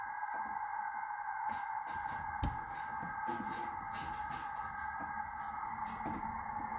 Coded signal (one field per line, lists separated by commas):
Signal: FT8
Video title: ICOM IC-7300 - Testing USB cable for FT8 to reduce interference from the PC